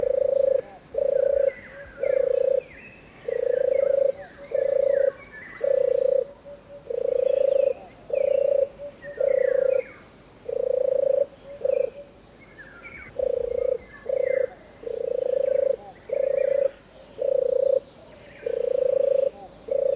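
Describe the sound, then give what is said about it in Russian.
A turtle dove perched on the dry top of an old ash tree coos in a steady series of low, purring phrases, each under a second long and evenly spaced, loud and continuous, with faint chirps of other birds behind it. “Славно воркует голубь.”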